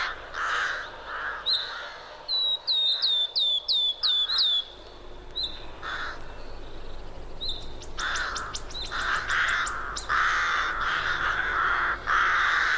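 Forest birdsong fills the recording, opening with harsh, raspy calls repeated about once a second. From around two to five seconds a bird sings a quick run of bright, sweeping notes, and after eight seconds dense rapid chirps and rough calls overlap almost continuously.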